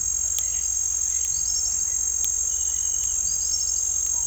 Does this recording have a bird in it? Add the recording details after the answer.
yes. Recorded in pastures near Puerto Asís, Putumayo, Colombia, on 8 March 2025 at 18:00. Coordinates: 0.497, -76.327. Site G072